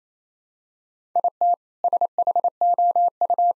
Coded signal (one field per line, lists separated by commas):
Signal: Morse code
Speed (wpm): 28 wpm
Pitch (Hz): 700 Hz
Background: none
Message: IT SHOU